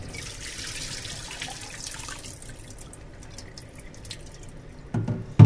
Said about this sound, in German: Gerade nimmt … ein wassertriefendes Netz entgegen. Wir haben jetzt das Netz an Deck geholt